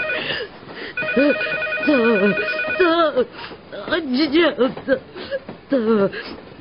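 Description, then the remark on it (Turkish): A telephone bell rings in one steady, high tone lasting about two seconds in a radio play while someone talks over it, followed by more animated, expressive speech. “Trenden de telefondan da bıktım.”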